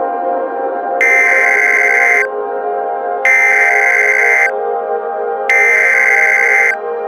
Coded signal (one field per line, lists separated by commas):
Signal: Emergency Alert System (SAME) tones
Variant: header bursts